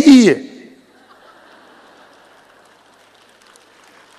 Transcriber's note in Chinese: 笑声